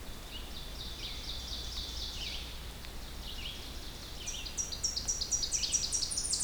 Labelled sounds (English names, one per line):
Red-eyed Vireo song